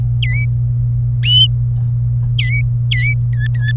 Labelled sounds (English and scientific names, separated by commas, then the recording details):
Domestic Canary (Serinus canaria) song
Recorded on 27 April 2018 at 15:42
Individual llb3